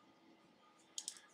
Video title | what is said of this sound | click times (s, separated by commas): Unboxing the AIM Mychron5 2T | it snaps right into place | 1.0 s, 1.1 s